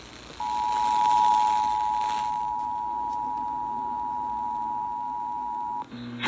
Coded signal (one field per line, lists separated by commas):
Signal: Emergency Alert System (SAME) tones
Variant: 853 and 960 Hz attention tone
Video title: DELICATE... Severe Thunderstorm Warnings from WVJS and WBKR (EAS #302-303)